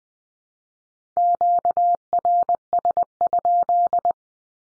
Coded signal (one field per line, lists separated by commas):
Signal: Morse code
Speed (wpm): 20 wpm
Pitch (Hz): 700 Hz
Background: none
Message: QRS?